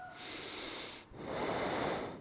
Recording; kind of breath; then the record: one breath in and out by a microphone near the nose and mouth; normal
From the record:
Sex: male